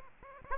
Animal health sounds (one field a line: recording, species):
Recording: mosquito wingbeat signal from an infrared sensor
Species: Aedes aegypti